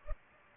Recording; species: mosquito wingbeat signal from an infrared sensor; Culex pipiens